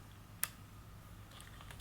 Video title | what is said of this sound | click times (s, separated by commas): The Best Compact 35mm Film Camera for Daily Use (in my opinion) - Rollei 35 Review | like this and then you twist it and it will lock into place and you'll hear a click like this | 0.4 s